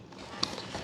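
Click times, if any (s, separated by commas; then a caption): 0.4 s. A retaining screw is driven down into a foam RC jet wing, its head pulling the wing fully back into the fuselage to its home position. Faint creaking and handling sounds lead up to a single sharp knock at 0.4 seconds as the wing seats.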